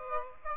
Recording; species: mosquito wingbeat signal from an infrared sensor; Aedes aegypti